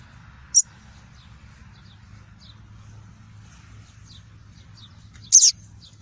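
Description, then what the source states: Double-collared seedeater with a short high note, then a longer bright whistled note near the end, over a soft low hum. Song of the "tui-tui" variety.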